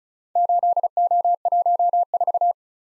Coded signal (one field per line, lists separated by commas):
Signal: Morse code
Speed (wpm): 36 wpm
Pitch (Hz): 700 Hz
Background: none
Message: 8O14